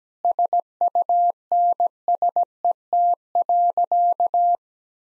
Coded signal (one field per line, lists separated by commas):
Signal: Morse code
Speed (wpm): 17 wpm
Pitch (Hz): 700 Hz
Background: none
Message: SUNSET.